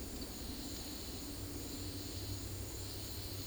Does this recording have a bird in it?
no